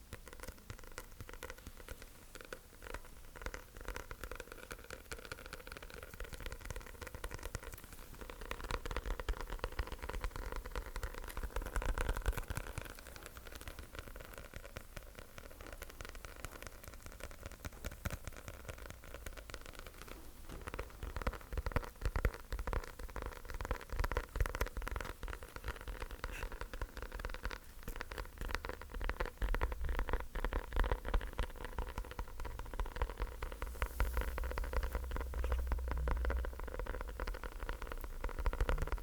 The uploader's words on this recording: ASMR Sticky Tapping.